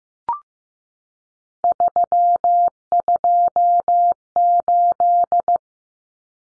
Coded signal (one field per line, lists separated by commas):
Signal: Morse code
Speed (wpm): 15 wpm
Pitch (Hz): 700 Hz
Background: none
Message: 328